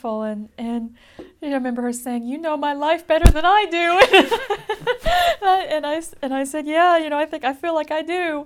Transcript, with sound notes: And, and, I remember her saying, "You know my life better than I do." (she laughs) And I, and I said, "Yeah. You know, I think I, I feel like I do."